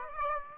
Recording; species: mosquito wingbeat signal from an infrared sensor; Aedes aegypti